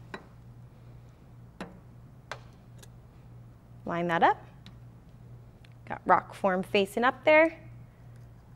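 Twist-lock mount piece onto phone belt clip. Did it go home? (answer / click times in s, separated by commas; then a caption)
no / none. A twist-lock mount piece is lined up, Rokform-facing side up, and handled onto a Rokform Sport Utility phone belt clip, making short light ticks and taps around 0.1, 1.6, 2.3 and 2.8 s while someone talks. The clip ends before the part goes home; nothing has seated or clicked yet.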